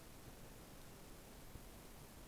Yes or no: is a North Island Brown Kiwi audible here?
no